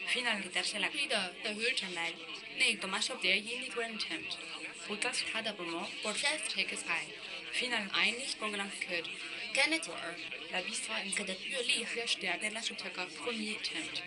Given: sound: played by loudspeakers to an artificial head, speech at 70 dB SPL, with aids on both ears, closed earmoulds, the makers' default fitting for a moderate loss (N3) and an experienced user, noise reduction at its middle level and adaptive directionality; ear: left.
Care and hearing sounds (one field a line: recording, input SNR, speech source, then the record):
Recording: speech test signal (ISTS) in cocktail-party noise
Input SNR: +6 dB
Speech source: in front (0 degrees)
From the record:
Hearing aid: class 2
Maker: C